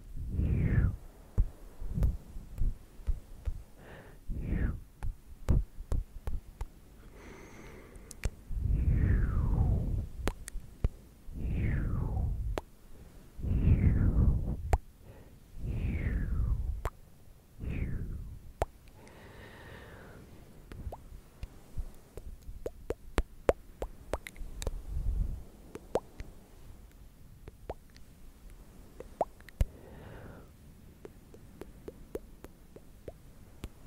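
Clicky mouth sounds and tongue clicks, sharp taps scattered throughout, mixed with wet swooping low sounds that fade after twenty-five seconds.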